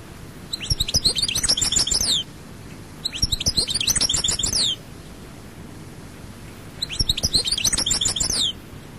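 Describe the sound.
European goldfinch singing in three fast, bright twittering phrases of liquid high notes and quick trills, separated by short silences.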